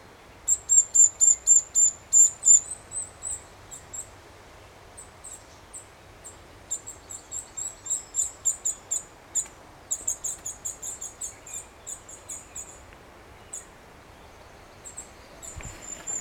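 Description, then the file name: Eurasian nuthatch giving thin, very high-pitched notes in rapid series, clearer at first then fading into scattered bursts over steady background hiss. "Sitta europaea"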